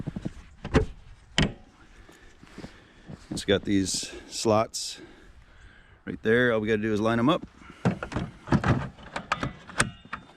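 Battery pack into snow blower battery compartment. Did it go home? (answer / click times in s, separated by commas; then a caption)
yes / 9.3 s, 9.8 s. A Toro 60-volt battery pack is lined up with the slots in the battery compartment of a Toro 60-volt Power Clear snow blower and pushed down until it locks. Someone talks, and a few thumps and plastic knocks are heard before the pack seats with sharp clicks at 9.3 s and 9.8 s. The pack is locked in place, and four green charge lights show.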